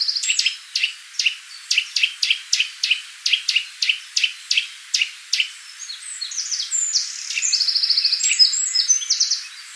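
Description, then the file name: Eurasian nuthatch calls: a rapid series of sharp, high, downslurred notes, followed by a mix of other high chirps and a buzzy trill. "Sitta europaea"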